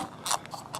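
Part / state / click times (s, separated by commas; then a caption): fuel cap into car fuel filler neck / not seated / none. The original factory plastic fuel filler cap on a car is turned in the fuel filler neck to tighten it, as a check for a possible fuel cap leak behind a P0455 large leak code. Only faint ratchet-like ticks are heard, with no clear click, so the cap has not clicked or seated yet.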